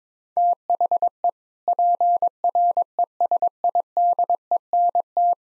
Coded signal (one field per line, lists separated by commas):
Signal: Morse code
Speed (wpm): 22 wpm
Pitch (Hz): 700 Hz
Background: none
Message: THE PRESIDENT